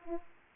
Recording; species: mosquito wingbeat signal from an infrared sensor; Aedes aegypti